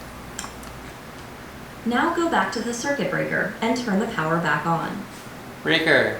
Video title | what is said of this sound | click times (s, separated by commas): Nest e thermostat C wire problem | Push it onto the base until it clicks. | 0.4 s